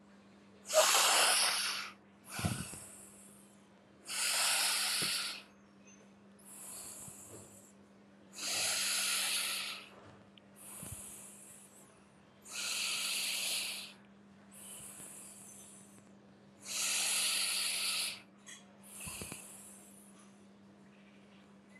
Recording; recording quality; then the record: deep breathing; moderate, slight background noise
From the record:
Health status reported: respiratory illness, not identified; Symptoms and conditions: cough, asthma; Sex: male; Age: 22 years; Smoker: yes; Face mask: not worn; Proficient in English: yes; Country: India